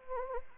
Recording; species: mosquito wingbeat signal from an infrared sensor; Anopheles arabiensis